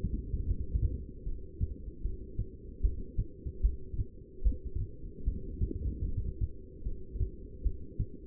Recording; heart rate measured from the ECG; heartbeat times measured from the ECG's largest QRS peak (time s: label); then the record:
heart sounds by stethoscope; 75 bpm
0.47 s: heartbeat
1.25 s: heartbeat
2.03 s: heartbeat
2.82 s: heartbeat
3.62 s: heartbeat
4.44 s: heartbeat
5.25 s: heartbeat
6.05 s: heartbeat
6.84 s: heartbeat
7.64 s: heartbeat
From the record:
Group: heart failure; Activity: rest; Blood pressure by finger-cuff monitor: 186/112 mmHg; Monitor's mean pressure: 137 mmHg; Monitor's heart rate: 75 bpm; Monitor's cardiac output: 7.7 L/min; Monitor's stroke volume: 103 mL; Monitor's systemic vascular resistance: 1330 dyn s/cm5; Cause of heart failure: non-ischemic cardiomyopathy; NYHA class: 1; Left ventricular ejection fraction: 62%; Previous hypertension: present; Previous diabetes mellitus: present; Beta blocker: bisoprolol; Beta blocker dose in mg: 10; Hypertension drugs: sacubitril-valsartan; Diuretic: furosemide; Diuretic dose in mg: 20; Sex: male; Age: 49 years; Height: 167 cm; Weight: 110 kg